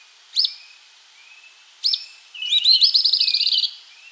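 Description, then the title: Grey elaenia giving two sharp high notes, then a rapid chattering trill of repeated high notes lasting over a second. Nominate subspecies caniceps. "LuckyPassaro Completos2Sama. Grey Elaenia (Myiopagis caniceps caniceps)"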